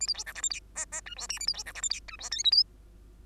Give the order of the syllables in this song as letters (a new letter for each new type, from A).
A B C D E F G H H I J K A B C D E F G I J L M N